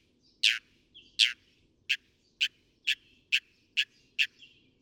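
Northern mockingbird uttering loud sharp chip notes, repeated roughly twice a second with faint thin notes between.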